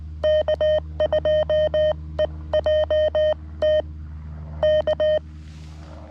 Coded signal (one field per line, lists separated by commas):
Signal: Morse code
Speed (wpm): 20 wpm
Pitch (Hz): 620 Hz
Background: none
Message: K2EJT K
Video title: CW POTA at K-5221 with my lightweight complete QRP field activation kit